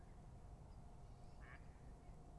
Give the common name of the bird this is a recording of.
Mallard